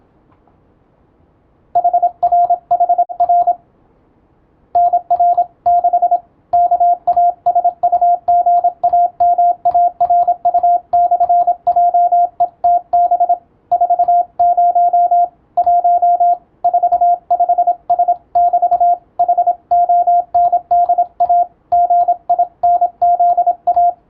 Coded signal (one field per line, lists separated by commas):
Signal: Morse code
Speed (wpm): 27 wpm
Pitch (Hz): 700 Hz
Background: radio noise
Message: HRHR NR6 KASUGAMARU/JETB 40 1 45S<BT> HONDA GINZA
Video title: 「トン」と「ツー」で世界をつなぐモールス符号！YouTubeの再生速度を聞き取りやすい速度に設定して受信練習を始めてみませんか(morse code practice radio operator )